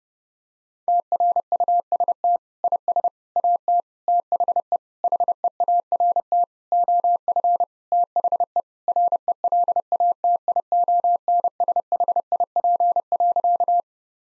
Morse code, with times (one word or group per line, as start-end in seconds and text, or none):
0.9-2.4 TRUST
2.6-3.1 IS
3.4-3.8 AT
4.1-4.8 THE
5.0-6.4 HEART
6.7-7.6 OF
7.9-8.6 THE
8.9-13.8 RELATIONSHIP.